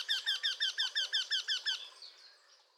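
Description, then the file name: Eurasian wryneck call, a fast run of about ten nasal, ringing 'quee' notes, evenly spaced and steady in pitch, fading away at the end. "torcol"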